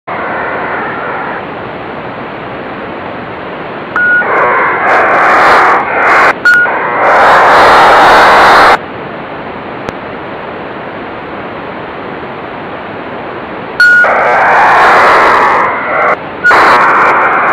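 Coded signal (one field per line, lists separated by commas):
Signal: HF data modem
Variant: HFDL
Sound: steady static hiss broken by two several-second bursts of dense rushing data noise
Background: radio static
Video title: Decoding HFDL with PC-HFDL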